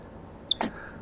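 A single quick, sharp, high-pitched burst: an ordinary sneeze from a capuchin monkey.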